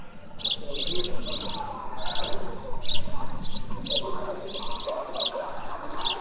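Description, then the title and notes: Sparrows chirping steadily in short, harsh bursts, many notes in quick succession, over a low background rumble. Noisy sparrows discussing on a square called Voie de l'Utopie, Quartier des Bruyères, Ottignies-Louvain-la-Neuve, Belgium. "Quartier des Bruyères, 1348 Ottignies-Louvain-la-Neuve, Belgique - Noisy sparrows. Noisy sparrows discuss on a square called Voie de l'Utopie"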